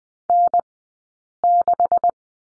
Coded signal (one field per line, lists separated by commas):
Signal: Morse code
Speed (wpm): 20 wpm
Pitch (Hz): 690 Hz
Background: none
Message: N6